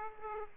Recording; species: mosquito wingbeat signal from an infrared sensor; Aedes aegypti